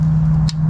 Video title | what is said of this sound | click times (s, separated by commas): DEER & DEER HUNTING ~ How to make a Dirthole Set for Coyote Trapping | click that's ready to go and be pounded in the ground | 0.5 s